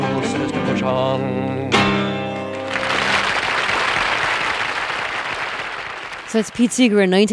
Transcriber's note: soundbite of applause